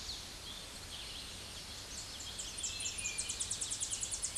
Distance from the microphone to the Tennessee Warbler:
about 45 m